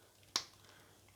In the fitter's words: you go snaps in place that's